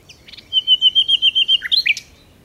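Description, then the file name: Common nightingale delivering a steady string of about eight pulsed whistled notes on one pitch, finished by a few abrupt sharper notes. "Luscinia megarhynchos"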